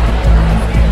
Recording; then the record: background sound without coughing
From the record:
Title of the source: Party Noise 1 Hour Party Ambience